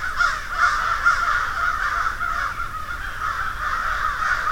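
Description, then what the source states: Crows cawing in a dense, overlapping chorus, harsh calls blurring together continuously with no clear gaps. Field recording of a murder (flock) of crows.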